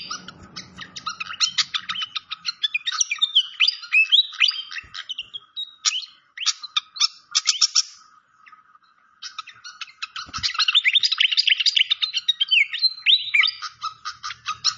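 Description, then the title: Malaysian pied fantail song in two long bursts of dense chattering and whistles separated by a brief lull. Training (masteran) song with a clear voice, mixed with the sound of gurgling water. "Masteran Sikatan Kipas Suara Jernih Dan Suara Gemericik Air"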